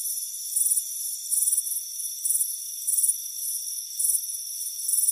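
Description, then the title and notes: Crickets give high, pulsed chirps in regular bursts, with a steady high hum beneath. Crickets chirping on a warm afternoon on a front porch. "Soothing Crickets Chirping Sound. It's a warm afternoon as you relax in a hammock on the front porch. Deep Sleep Sounds"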